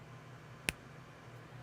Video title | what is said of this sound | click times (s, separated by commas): V-Shredding Victory Saber (with Advance Quest Gameplay & TF:Reactivate Trailer Reaction) Dec 8 2022 | I hope you heard that click thank you for that | 0.7 s